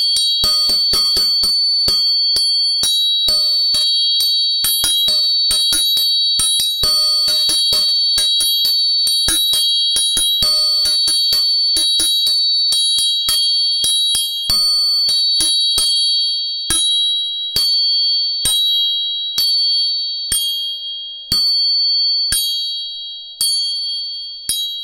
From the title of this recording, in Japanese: 音叉チューニング3本